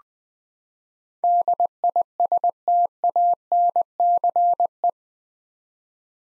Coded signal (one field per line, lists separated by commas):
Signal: Morse code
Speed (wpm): 20 wpm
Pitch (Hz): 700 Hz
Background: none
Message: DISTANCE